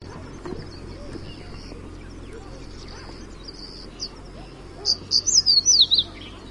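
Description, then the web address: Crested bunting calling: a quick series of several high, thin, slurred chirps near the end, after several seconds of faint background noise. "crested bunting bird call"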